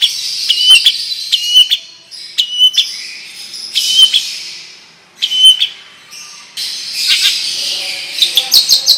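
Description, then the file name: Long-tailed shrike song of scratchy chatter and bright whistled notes in short bursts separated by brief pauses, ending in a dense rasping stretch. Long rolling song style (ngerol panjang); bird singing vigorously (gacor). "Burung Cendet Ngerol Panjang Gacor"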